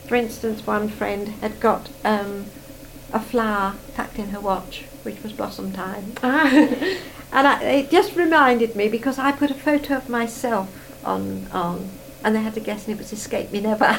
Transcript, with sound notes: For instance, one friend had got erm, a flower tucked in her watch which was Blossom Time.
A-ah. [laughs]
And it just reminded me because I put a photo of myself on and they had to guess it was Escape Me Never.